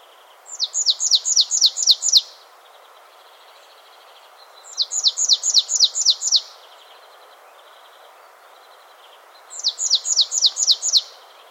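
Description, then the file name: Marsh tit calling in three bursts of about seven high, sharply downslurred notes, bursts spaced roughly four to five seconds apart, over a faint steady background hiss. "Poecile palustris"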